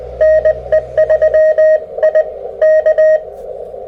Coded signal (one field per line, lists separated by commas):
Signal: Morse code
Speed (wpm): 20 wpm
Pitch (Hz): 630 Hz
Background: none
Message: NE3I K